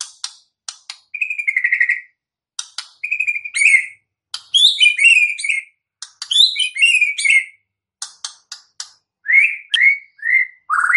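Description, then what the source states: White-rumped shama song: varied whistled phrases, some descending, mixed with sharp clicks and short pauses. Recording used as a lure for trapping birds (pikat); voice described as strong.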